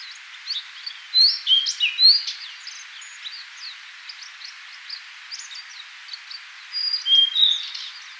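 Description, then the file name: Blue-and-white flycatcher: whistled, slurred high phrases with many faint ticking chirps between; two louder phrases stand out near the start and end. "Cyanoptila cyanomelana"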